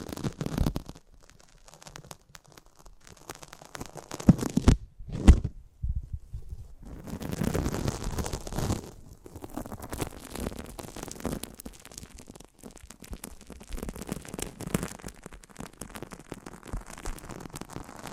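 Scratching, rubbing and brushing noises in an ASMR mic treatment, irregular and dense with soft crackly texture. A louder burst of handling around five seconds includes a sharp tap, then a brief lull before steady rustling and scraping resumes for the rest.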